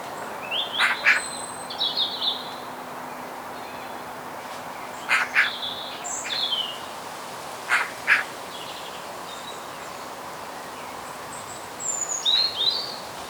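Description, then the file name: Eurasian magpie uttering harsh, rattling chack notes in pairs and short bursts, repeated every few seconds, with thin high whistles from other birds around them. "Pica pica"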